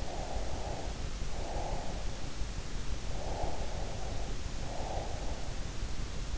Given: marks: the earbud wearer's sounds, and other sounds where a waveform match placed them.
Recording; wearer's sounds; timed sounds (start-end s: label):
sounds in sleep by an in-ear microphone; breath
0.00-2.29 s: breath
3.13-5.59 s: breath